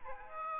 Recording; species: mosquito wingbeat signal from an infrared sensor; Aedes aegypti